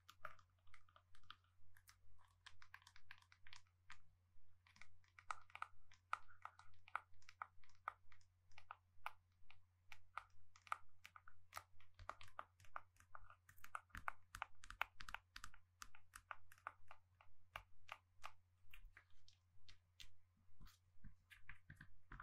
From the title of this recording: Gentle Tapping